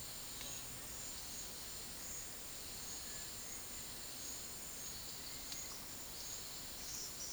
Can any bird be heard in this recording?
no